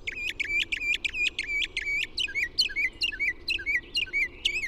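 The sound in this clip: Bird song: a steady, rapid string of high, chipping notes that shifts midway into lower, slurred, bouncing notes.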